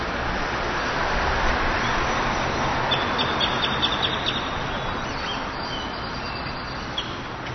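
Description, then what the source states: Bird chirps, a quick run of high, short notes for about a second and a half, over a steady roar of traffic. Birds on 6th Street.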